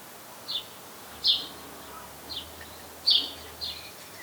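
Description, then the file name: House sparrow chirps, five short high notes spaced irregularly over four seconds against steady background noise. "Passer domesticus"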